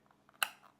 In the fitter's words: hear that click? That ain't going anywhere. That's what we want.